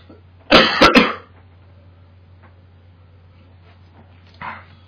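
A quick run of about three harsh coughs, then one faint cough, from an adult with a lingering cough, turned away from the microphone.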